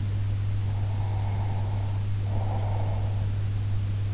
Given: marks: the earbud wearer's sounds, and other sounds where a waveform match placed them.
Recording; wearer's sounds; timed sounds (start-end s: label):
sounds in sleep by an in-ear microphone; breath
0.65-3.40 s: breath